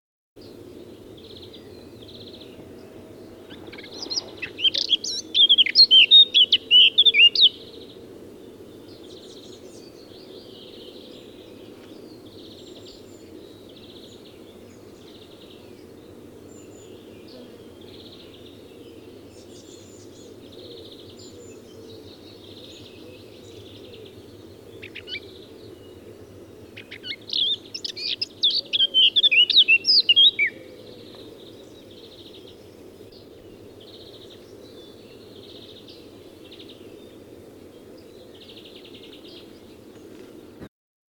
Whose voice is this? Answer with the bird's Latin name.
Sylvia atricapilla